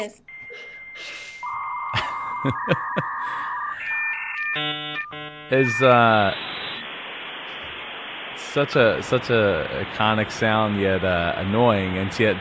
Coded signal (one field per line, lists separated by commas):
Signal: dial-up modem handshake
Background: speech